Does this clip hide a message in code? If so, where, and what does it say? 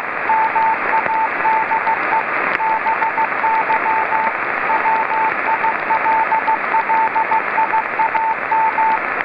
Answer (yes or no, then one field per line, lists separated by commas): yes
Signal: Morse code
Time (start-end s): 0.3-9.0 s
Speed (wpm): 15 wpm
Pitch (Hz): 890 Hz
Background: radio noise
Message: MADE BY WILLIAM